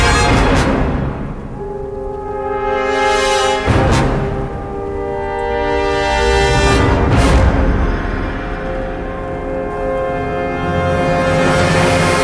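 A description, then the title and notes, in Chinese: Epic music with the sound of a snowstorm: sustained, layered chords hold steady and loud throughout. Rushing swells of windy hiss rise and peak around 3.5, 7 and 12 seconds, with a deep, rumbling low end underneath. 10首超好聽史詩音樂配合風雪的聲音。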